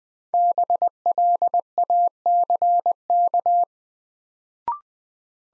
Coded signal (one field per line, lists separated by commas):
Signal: Morse code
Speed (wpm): 20 wpm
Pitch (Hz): 700 Hz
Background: none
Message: BLACK